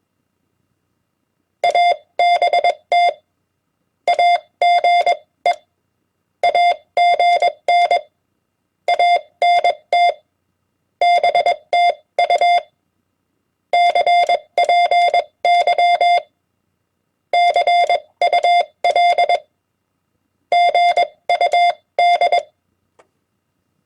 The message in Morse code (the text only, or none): ABT AGE AGN ANT BTU CPY CUL GUD